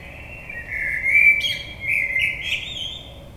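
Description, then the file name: Common blackbird song: a mellow fluted warble with thin, high squeaky notes, over steady background noise. Recorded on 22 May 2022. "Merle 2022 05 22"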